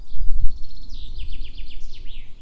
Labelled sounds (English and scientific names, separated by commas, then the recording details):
Common Chaffinch (Fringilla coelebs)
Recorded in Germany
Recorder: ecoPi